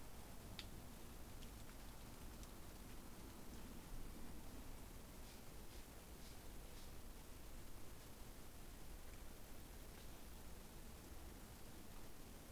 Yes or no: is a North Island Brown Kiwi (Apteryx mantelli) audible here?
no